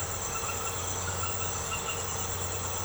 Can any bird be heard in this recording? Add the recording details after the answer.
no. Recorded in secondary vegetation near Puerto Asís, Putumayo, Colombia, on 21 March 2025 at 23:00. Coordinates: 0.468, -76.324. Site G059